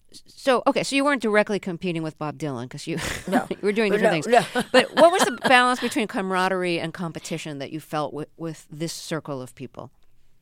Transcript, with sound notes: so you weren't directly competing with Bob Dylan because you were doing different things.
No.
(LAUGHTER)
But what was the balance between camaraderie and competition that you felt with this circle of people?